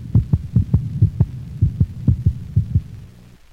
The normal heart sounds of a dog heard over the mitral valve region near the left 5th intercostal space at the sternal border.